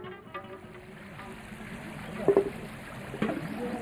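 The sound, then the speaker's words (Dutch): A clear-water river stream flows through a village with a steady, low rushing wash of water, broken by a couple of brief, brighter splashes partway through. “Dwars door het dorp stroomt een rivier met helder water.”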